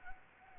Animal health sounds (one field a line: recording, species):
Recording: mosquito wingbeat signal from an infrared sensor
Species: Anopheles gambiae